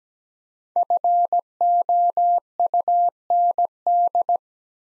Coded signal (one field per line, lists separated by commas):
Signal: Morse code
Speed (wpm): 17 wpm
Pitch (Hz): 700 Hz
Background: none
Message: FOUND